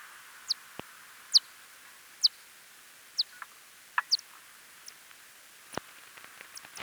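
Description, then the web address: Lesser long-eared bat echolocation heard as scattered high, steeply falling chirps at irregular intervals over a steady hiss, with a few sharp clicks. "Nyctophilus geoffroyi N geoffroyi"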